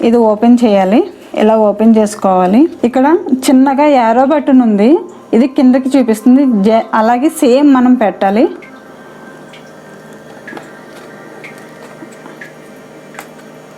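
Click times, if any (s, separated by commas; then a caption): none. A battery for a Canon 200D II DSLR camera is lined up by its arrow mark pointing down and pushed into the camera's battery compartment while someone talks for the first eight and a half seconds. After the talk, faint handling and a few small sharp ticks are heard around 10.5, 12.4 and 13.2 seconds, but nothing has seated or clicked yet.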